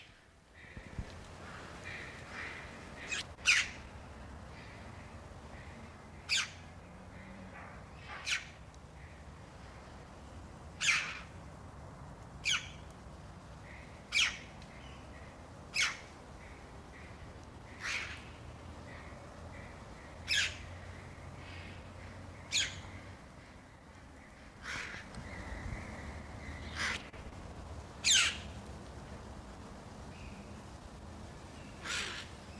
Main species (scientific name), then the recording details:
Pyrrhocorax pyrrhocorax. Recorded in captivity. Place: Zoo Berlin, Berlin, DE. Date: 1991-10-10 17:15. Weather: 19°C. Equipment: Nagra SN, Mikrofon AKG CK 8, Kopie Tesla B 116. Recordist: Tembrock, Günter